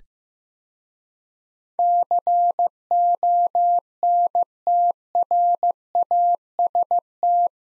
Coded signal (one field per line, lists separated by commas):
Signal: Morse code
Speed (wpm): 15 wpm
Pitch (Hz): 700 Hz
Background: none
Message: CONTRAST